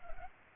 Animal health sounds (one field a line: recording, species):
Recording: mosquito wingbeat signal from an infrared sensor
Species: Culex pipiens